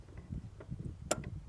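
A breather line's quick connector is pushed onto its port on a GM 5.3 L83/6.2 L86 engine during a DOD delete cam and lifter replacement. Over low, rumbling handling noise, a single loud, sharp snap rings out at 1.1 s, followed by a faint tick. The connector is seated.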